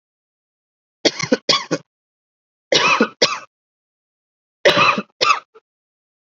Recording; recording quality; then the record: heavy voluntary cough; excellent, no background noise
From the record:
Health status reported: COVID-19 positive, moderate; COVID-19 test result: positive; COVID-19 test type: RT-PCR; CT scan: not taken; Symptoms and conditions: cold, fever, fatigue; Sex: male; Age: 25 years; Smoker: no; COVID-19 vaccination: both doses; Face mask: worn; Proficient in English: no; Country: India